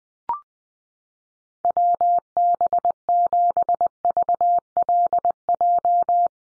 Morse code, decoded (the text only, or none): WB7VLJ